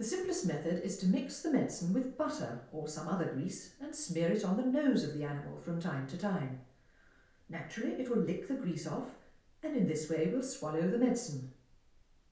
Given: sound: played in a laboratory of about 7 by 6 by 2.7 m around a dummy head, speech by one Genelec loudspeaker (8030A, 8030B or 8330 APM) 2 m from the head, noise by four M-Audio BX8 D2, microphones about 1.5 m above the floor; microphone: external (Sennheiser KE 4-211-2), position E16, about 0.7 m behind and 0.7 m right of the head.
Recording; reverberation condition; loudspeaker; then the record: female speech in English; medium; 30 degrees to the left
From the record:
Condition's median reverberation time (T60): about 510 ms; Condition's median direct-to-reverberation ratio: about -0.5 dB